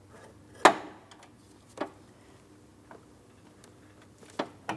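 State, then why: Not seated. The upper transmission cooler line's quick connector on a 2004-2008 Pontiac Grand Prix 3.8L V6 is handled at the radiator port on the passenger side, ready to be pressed in. A few short, sharp taps and handling knocks are heard against a quiet background. Nothing has seated or clicked yet; the line is not yet home.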